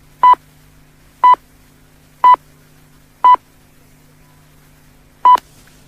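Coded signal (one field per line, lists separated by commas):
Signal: radio time signal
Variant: RAI Segnale orario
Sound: four short 1 kHz pips one second apart, a skipped second, then one more pip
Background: low mains hum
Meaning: The pip after the gap marks the exact time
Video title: Segnale orario Ora esatta Rai anni 73 -74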